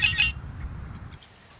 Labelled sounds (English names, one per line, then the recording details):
Red-winged Blackbird
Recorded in Sonoma County, California